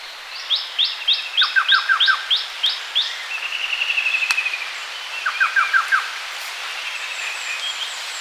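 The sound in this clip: Orange-breasted trogon call: short series of five or six quick, falling notes, given twice, among higher repeated chirps and a buzzy trill.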